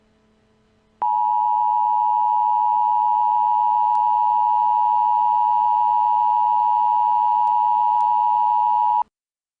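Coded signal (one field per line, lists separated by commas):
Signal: Emergency Alert System (SAME) tones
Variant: 853 and 960 Hz attention tone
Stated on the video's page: Fictional EAS scenario, not a real alert.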